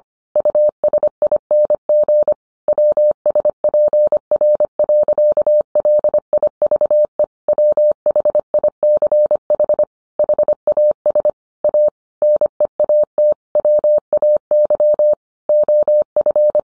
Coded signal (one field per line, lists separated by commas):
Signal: Morse code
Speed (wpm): 25 wpm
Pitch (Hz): 600 Hz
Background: none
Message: USING WSPR.LIVE WHICH HAS A NEAT WAY OF